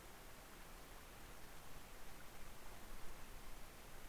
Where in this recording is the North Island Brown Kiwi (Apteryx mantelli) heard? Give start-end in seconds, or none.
none